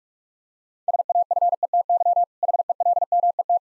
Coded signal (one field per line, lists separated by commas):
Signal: Morse code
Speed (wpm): 46 wpm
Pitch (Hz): 700 Hz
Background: none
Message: SAFETY HELMET